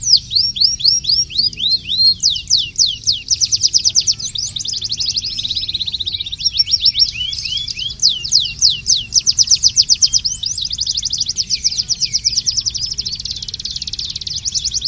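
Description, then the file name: Canary singing nonstop: fast rolling trills alternate with sweeping downslurred notes and dense buzzy passages. Long version of the song. "kenari ajudan versi panjang milik om satria hendawan"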